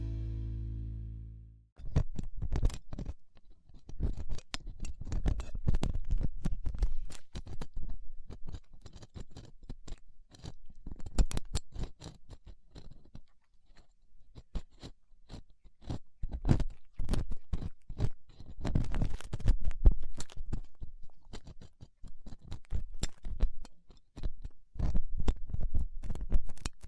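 Ear cleaning with latex gloves, a dental pick and cotton swabs: after a low hum that cuts out within the first two seconds, dense crackling, scraping and rubbing clicks run continuously. The sharp crunchy taps come in busy bursts, swelling and thinning in waves throughout.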